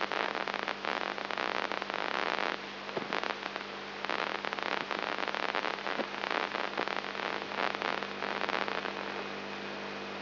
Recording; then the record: brain microelectrode recording played as sound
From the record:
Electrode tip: inside the subthalamic nucleus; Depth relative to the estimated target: -2 mm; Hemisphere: left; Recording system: AlphaMap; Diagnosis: Parkinson's disease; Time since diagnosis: 14 years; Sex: male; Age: 59 years